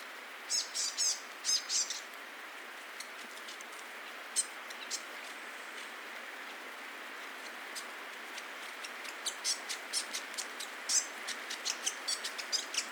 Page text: Rob van Bemmelen - Серая веерохвостка (Rhipidura fuliginosa)